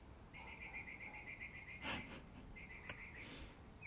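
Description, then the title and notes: A bird sings a rapid chattering trill, broken by a brief rushing noise, then trills again and ends on a falling note. Birds singing in the morning. "birds 🐦 singing. Good Morning"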